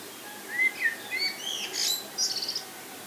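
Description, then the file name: Common blackbird calling: a few brief, sliding squeaky notes that climb into high, scratchy twittering over a soft background hiss. "Turdus merula"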